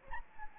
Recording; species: mosquito wingbeat signal from an infrared sensor; Anopheles gambiae